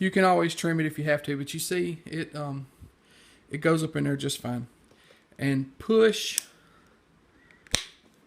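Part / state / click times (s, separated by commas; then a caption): belt buckle clamp onto the leather belt end / seated / 7.8 s. Someone talks while the trimmed end of a leather belt is slid up into the ratchet buckle of a Kore Essentials X Series belt and the buckle clamp is pushed down. After a pause, faint ticks lead into a sharp snap at 7.8 s as the clamp locks onto the belt end, seating it.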